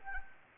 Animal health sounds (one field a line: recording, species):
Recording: mosquito wingbeat signal from an infrared sensor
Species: Anopheles arabiensis